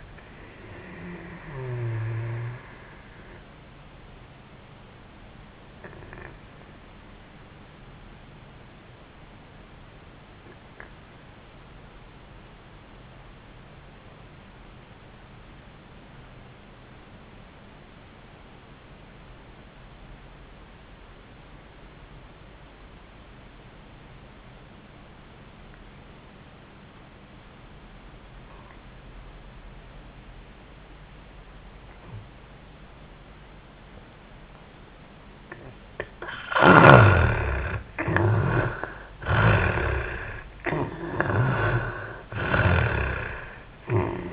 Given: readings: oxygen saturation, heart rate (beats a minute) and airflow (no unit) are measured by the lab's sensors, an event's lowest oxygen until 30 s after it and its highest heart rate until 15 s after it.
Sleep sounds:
breathing in sleep by a voice recorder at the bedside; 1
7.00-35.90 s: obstructive apnea (N2, oxygen 96% highest, then 71% lowest, heart rate 72 at the start, 85 highest)
30.00-44.33 s: new sleep stage, N1 (lightest sleep)
From the record:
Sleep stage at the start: N2 (light sleep); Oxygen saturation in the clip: 74 to 96%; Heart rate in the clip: 58 to 89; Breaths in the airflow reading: 3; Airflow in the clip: -13.3 to 9.5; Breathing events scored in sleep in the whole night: 400 in 8.7 hours asleep

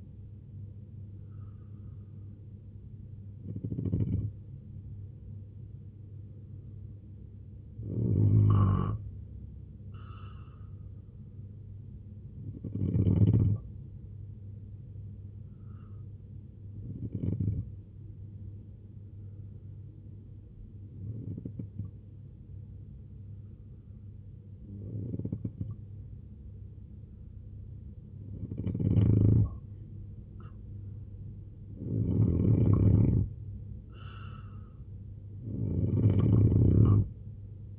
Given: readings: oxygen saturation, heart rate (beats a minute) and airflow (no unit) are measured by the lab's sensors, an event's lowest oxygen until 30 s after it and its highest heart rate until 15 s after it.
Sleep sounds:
breathing in sleep by a smartphone at the bedside; 1
12.00-32.10 s: hypopnea (N1, oxygen 94% highest, then 87% lowest, heart rate 74 at the start, 78 highest)
26.00-37.79 s: new sleep stage, N2 (light sleep)
From the record:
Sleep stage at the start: N1 (lightest sleep); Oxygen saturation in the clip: 83 to 94%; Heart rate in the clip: 64 to 77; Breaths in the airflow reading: 6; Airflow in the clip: -3.7 to 7.4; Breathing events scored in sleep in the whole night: 258 in 7.4 hours asleep

